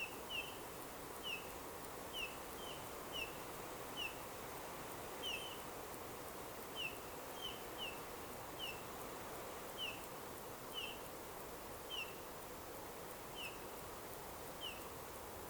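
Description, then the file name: Eurasian bullfinch calling: short, soft whistled notes repeated roughly every second, sometimes in quick pairs, over a steady background of broad noise. "Pyrrhula pyrrhula"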